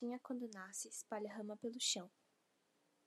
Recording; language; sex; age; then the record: short text; Brazilian Portuguese; female; 18 to 19 years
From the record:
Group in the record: control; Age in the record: 18 years